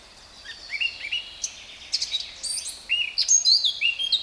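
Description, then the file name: Eurasian blackcap song: a fast, rich warble of short whistled notes and slurred fluty phrases, rising in loudness throughout. "Sylvia atricapilla"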